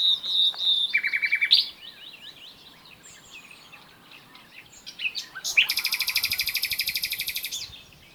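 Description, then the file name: Common nightingale song: a clear whistle and quick low trill, quiet warbling, then a long loud buzzy rattle of rapid pulses lasting about two seconds. "Luscinia megarhynchos"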